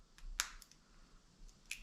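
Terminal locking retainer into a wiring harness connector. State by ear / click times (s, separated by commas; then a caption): seated / 0.4 s. After checking that all terminals are fully seated, a plastic terminal locking retainer is pushed back into a wiring-harness connector during a Holley Terminator X install on a Fox Body Mustang. It locks into place with a loud, sharp snap at 0.4 s. Softer clicks come just before and after it, and another sharp click is heard at 1.7 s.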